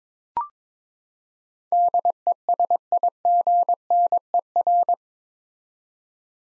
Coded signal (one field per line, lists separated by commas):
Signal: Morse code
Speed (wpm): 22 wpm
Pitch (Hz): 700 Hz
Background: none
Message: DESIGNER